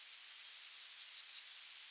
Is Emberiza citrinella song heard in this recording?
yes